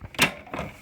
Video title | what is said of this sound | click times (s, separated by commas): How to replace OfficeJet 3836 printer ink | and then all you have to do is just sit it into place like that, and then push up, and then you should hear a click, | 0.5 s